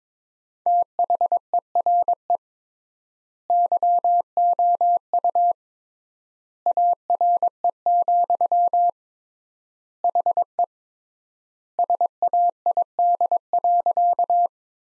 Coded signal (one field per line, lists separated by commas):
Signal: Morse code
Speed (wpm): 22 wpm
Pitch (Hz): 700 Hz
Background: none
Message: THERE YOU ARE, HE SAID.